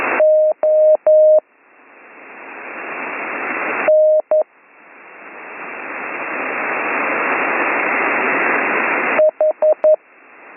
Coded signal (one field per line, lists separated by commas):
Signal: Morse code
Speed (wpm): 11 wpm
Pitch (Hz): 620 Hz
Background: radio noise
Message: O N H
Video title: Slow Morse Code Course - Week 6 - Learn Morse Code